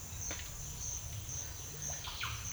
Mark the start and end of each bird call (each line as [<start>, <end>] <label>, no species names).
[0.09, 0.55] bird call
[1.96, 2.39] bird call